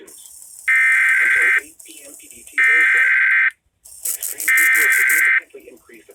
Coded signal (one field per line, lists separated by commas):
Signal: Emergency Alert System (SAME) tones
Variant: header bursts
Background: speech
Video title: THE NORM ROUND HERE. NOAA Weather Radio EAS: Required Weekly Test (EAS #1,123 - 1,124)